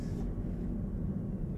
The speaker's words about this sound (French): C'est un drone? Yeah. You see it?